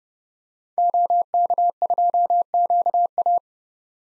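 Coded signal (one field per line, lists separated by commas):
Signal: Morse code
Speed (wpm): 32 wpm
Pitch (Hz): 700 Hz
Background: none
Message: OK2QA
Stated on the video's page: Most common early-2023 SOTA activator call signs sent at 30 wpm for head-copy drill, each sent, spoken, then sent again.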